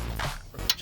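An H11 LED bulb from a NAO kit is inserted and twisted into its bayonet lock in the headlight housing socket of a 2018 Nissan Rogue. Low rustling and handling noise leads to one loud, short snap at 0.7 s, followed by a faint rattle. The bulb is seated.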